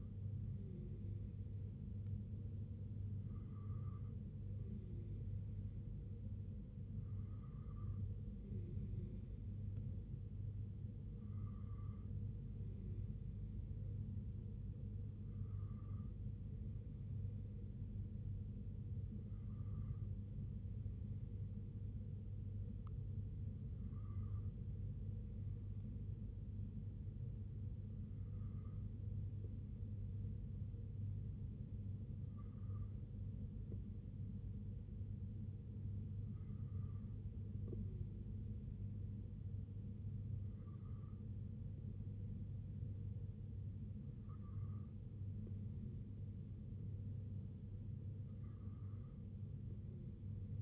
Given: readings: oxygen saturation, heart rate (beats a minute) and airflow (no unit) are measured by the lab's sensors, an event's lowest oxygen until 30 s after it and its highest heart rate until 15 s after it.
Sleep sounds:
breathing in sleep by a smartphone at the bedside; none
none scored
From the record:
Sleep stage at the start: N2 (light sleep); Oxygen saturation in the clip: 94 to 95%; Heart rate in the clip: 62 to 68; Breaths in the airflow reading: 13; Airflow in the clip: -3.3 to 2.3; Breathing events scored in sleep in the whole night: 258 in 7.4 hours asleep

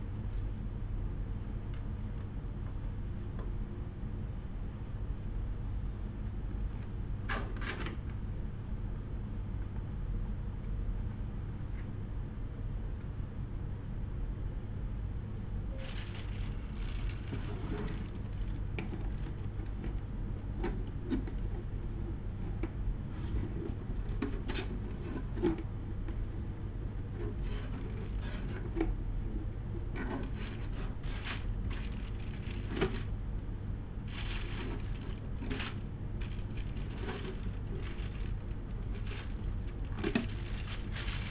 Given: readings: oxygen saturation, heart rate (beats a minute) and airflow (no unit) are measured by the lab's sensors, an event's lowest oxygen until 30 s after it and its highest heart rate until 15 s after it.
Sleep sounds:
a person awake in a sleep study, by a smartphone at the bedside; none
0.00-41.31 s: awake
From the record:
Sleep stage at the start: awake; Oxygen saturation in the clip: 94 to 96%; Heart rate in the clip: 73 to 98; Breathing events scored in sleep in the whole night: 187 in 7.2 hours asleep

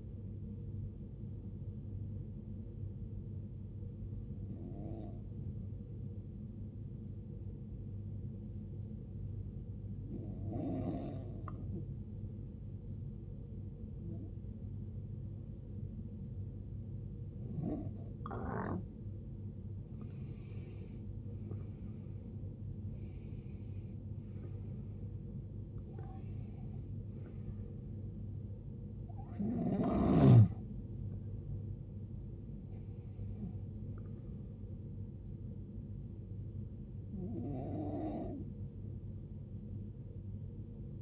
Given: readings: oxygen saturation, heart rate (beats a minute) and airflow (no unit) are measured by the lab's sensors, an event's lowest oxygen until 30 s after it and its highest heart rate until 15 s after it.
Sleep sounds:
breathing in sleep by a smartphone at the bedside; 1
4.00-21.80 s: hypopnea (N1, oxygen 95% highest, then 88% lowest, heart rate 75 at the start, 78 highest)
From the record:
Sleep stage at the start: N1 (lightest sleep); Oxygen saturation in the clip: 88 to 95%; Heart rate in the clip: 62 to 78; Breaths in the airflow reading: 7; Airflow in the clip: -16.1 to 17.4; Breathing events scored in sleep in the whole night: 389 in 6.3 hours asleep

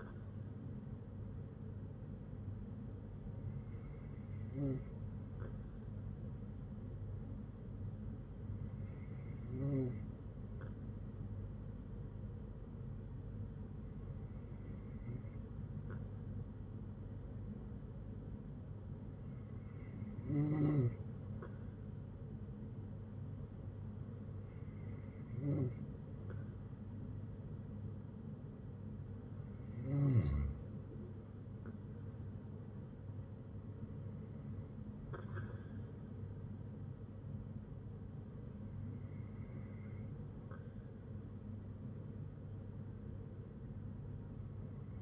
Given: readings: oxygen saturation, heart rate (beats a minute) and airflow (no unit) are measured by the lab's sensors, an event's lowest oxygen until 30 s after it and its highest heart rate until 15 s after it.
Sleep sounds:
breathing in sleep by a smartphone at the bedside; none
none scored
From the record:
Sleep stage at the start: N2 (light sleep); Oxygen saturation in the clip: 94 to 95%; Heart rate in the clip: 57 to 68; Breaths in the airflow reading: 9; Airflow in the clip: -7.9 to 6.0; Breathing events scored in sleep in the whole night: 182 in 7.4 hours asleep

